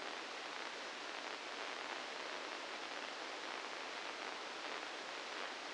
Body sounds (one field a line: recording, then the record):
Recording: brain microelectrode recording played as sound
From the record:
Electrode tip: inside the subthalamic nucleus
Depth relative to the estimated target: -1 mm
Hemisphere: left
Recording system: NeuroSet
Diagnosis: Parkinson's disease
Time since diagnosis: 9 years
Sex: male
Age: 61 years